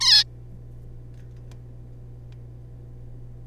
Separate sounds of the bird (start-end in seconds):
0.01-0.24